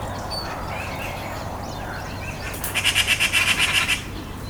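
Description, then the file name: Eurasian magpie chattering once, a fast dry rattle of harsh notes after a quieter stretch. "Pica pica"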